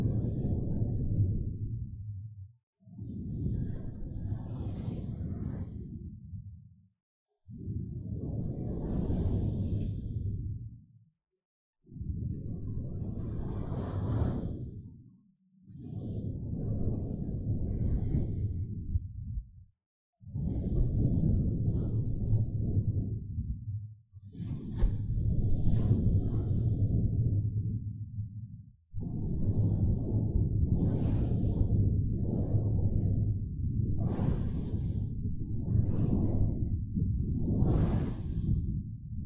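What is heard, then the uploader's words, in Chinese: Low breaths blown into the microphone come in repeated gusts of about three to four seconds, separated by short silences, growing more frequent near the end. 吹氣&&撫摸麥克風。Ear Blowing & Mic Touching, Brushing。NO Talking。跟摸戴毛罩的麥克風的聲音很相似。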